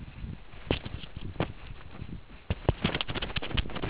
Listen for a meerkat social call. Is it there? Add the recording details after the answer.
no. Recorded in the Kuruman River Reserve, South Africa. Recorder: an audio tag on a meerkat's collar